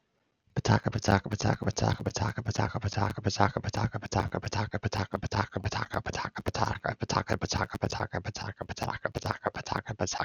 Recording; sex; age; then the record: repeated syllables /pa ta ka/; male; 30 to 39 years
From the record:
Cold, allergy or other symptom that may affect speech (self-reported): no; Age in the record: 30 years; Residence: Pennsylvania, United States